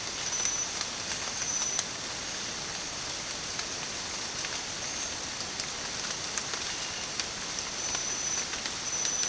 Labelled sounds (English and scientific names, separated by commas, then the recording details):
none
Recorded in dense forest near Puerto Asís, Putumayo, Colombia, on 27 June 2025 at 05:30
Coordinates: 0.484, -76.317
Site G045